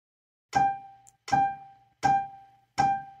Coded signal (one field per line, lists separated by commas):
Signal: none